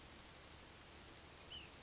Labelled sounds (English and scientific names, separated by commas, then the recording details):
Ash-throated Flycatcher (Myiarchus cinerascens)
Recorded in Sonoma County, California